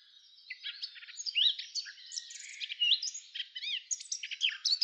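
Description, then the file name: Eurasian blackcap in a continuous jumbled warble of quick chirps, slurred notes and short trills that rise and fall in loudness. "Sylvia atricapilla"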